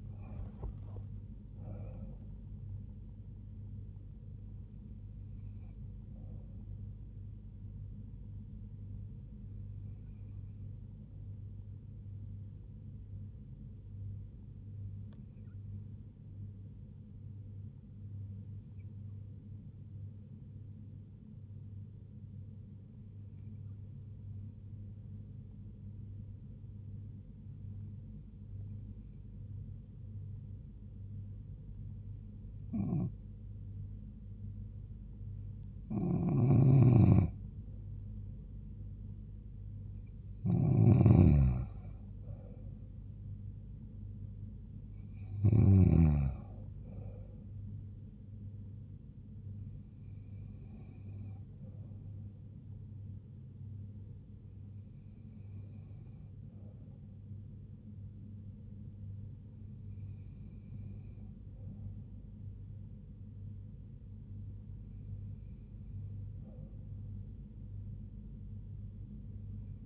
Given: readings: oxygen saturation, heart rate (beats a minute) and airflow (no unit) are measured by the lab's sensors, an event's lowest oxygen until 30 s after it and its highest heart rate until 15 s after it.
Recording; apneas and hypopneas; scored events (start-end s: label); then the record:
breathing in sleep by a smartphone at the bedside; 1
12.00-37.40 s: hypopnea (N2, oxygen 96% highest, then 93% lowest, heart rate 68 at the start, 76 highest)
From the record:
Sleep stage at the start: N2 (light sleep); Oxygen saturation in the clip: 93 to 96%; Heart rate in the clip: 68 to 78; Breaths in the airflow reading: 15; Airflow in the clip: -4.8 to 4.7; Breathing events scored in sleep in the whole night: 158 in 7.3 hours asleep